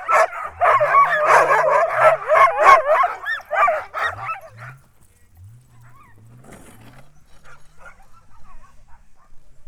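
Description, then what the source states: Husky: huskies in a noisy chorus of whines, yips and wavering howls that fades out halfway, leaving a low pulsing hum and faint sounds. Huskies, close up.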